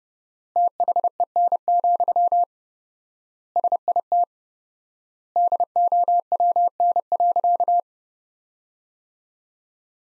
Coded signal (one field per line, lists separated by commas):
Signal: Morse code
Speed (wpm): 30 wpm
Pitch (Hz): 700 Hz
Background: none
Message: THEN, SIT DOWN.